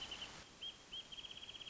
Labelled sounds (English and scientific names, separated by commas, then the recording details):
Wrentit (Chamaea fasciata)
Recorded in Sonoma County, California